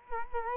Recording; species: mosquito wingbeat signal from an infrared sensor; Culex quinquefasciatus